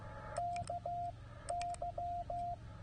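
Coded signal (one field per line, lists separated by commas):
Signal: Morse code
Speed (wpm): 15 wpm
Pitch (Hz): 700 Hz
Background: radio noise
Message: KY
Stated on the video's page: CW Parks on the Air activation, transmitted on a Penntek TR45L radio powered by a 12 V battery.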